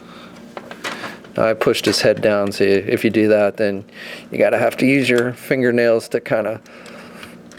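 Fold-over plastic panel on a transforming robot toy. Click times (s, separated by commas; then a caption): 0.6 s. A fold-over plastic panel on a Transformers Masterpiece MP-29 Shockwave (Destron Laserwave) robot toy is folded over and closed. It gives a short snap at 0.6 s as it seats into place, followed by someone talking.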